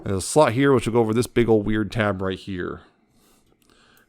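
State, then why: Seated. Someone talks while transforming a Transformers Studio Series 86 Swoop action figure, bringing the plastic leg up and over so a slot on the leg fits over a large tab on the body. After the talking stops, two quick, sharp, quiet clicks at 3.6 s and 3.7 s mark the leg slot snapping over the tab and seating.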